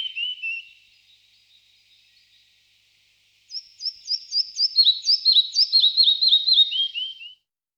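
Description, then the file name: Red-breasted flycatcher: the fading end of one phrase, a pause, then a full song of fast high repeated notes descending into lower slurred whistles. "ficedula parva"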